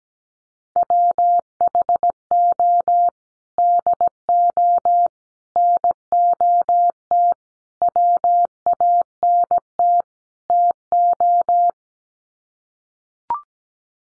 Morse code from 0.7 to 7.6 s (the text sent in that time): WHO DO NOT